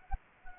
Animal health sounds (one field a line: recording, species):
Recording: mosquito wingbeat signal from an infrared sensor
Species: Anopheles gambiae